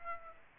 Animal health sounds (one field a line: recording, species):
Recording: mosquito wingbeat signal from an infrared sensor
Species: Aedes aegypti